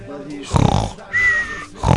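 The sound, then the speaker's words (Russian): On a radio broadcast, two rough, snorting snore sounds made by a voice imitating the city of Ufa snoring at night, separated by a brief whistling, nasal tone, loud and gritty like a pig-like grunt. “Я слышу, как храпит Уфа.”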